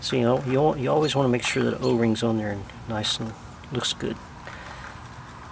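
A man talks while handling the plastic wiring harness connector, which has an O-ring seal, near the socket of the new alternator during an alternator replacement on a Honda Accord. His speech fills most of the clip, followed by a few brief handling noises and a small transient near 4.5 s. The connector has not yet snapped into the alternator socket, and nothing has seated or clicked.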